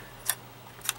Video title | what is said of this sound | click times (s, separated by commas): ThreeZero Armored Troopers Votoms Scopedog Figure (Melquiya Colour Exclusive) Review | This is, of all the places, you can probably hear that little click. I just locked that in place and locked this one in place. | 0.3 s, 0.9 s